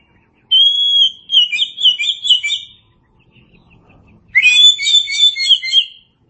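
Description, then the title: Oriental magpie-robin singing two long, rich phrases of rapid varied whistles, the first opening on a clear sustained note. "Suara Kicauan Burung Kacer"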